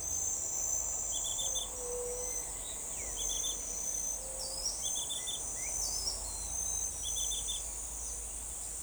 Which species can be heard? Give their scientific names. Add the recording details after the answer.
Leptotila verreauxi, Tolmomyias flaviventris, Colinus cristatus. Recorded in forest near Pivijay, Magdalena, Colombia, on 6 June 2023 at 06:00. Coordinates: 10.467, -74.380. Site Z5-G034